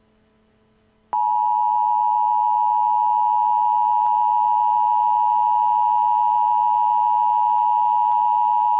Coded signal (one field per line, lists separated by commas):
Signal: Emergency Alert System (SAME) tones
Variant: 853 and 960 Hz attention tone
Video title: [MOCK] EAS Volcano Eruption Warning